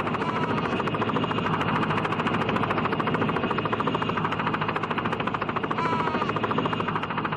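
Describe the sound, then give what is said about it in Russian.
A small helicopter carrying passengers and flown by a young pilot flies steadily, its rotor blades beating out a fast, continuous thudding chop over a loud engine whine that holds constant throughout, with no voices. “В маленьком вертолете летят мужчина, жующий помидор, пожилой человек с ягненком в руках.”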